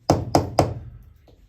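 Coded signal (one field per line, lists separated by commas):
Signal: tap code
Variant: knocks on hard surface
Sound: three quick even knocks on a hard surface, then a faint single knock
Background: small room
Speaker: if we want to acknowledge that we've received we can go the simple k one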